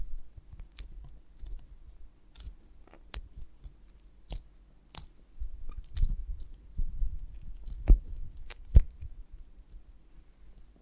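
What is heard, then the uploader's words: Honeycomb on a branch being handled, with sharp, irregular clicks and crackles popping up every second or so. Between the clicks sits a soft, low rumble that swells now and then. The brightest, loudest snaps come near eight and nine seconds. ASMR of a Honeycomb on Branch (No Talking).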